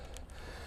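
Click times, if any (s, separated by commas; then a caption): none. A Pioneer 9 S331 heavy-duty mobility scooter seat is dropped onto its seat post without the release handle being held up, giving two short knocks at about 0.2 and 0.3 seconds over a steady low hum. The seat goes down onto the post but nothing has latched or locked.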